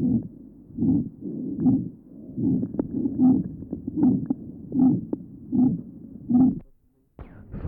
Severe aortic stenosis. Note the harsh ejection systolic murmur at the aortic area.